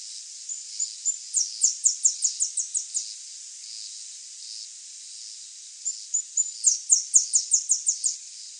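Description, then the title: Saffron-billed sparrow song: a few thin, high whistled notes, then a fast run of sharp descending chips. The phrase is given twice, with a steady hiss behind it. "LuckyPassaro Completos2Sama. Saffron-billed Sparrow (Arremon flavirostris)"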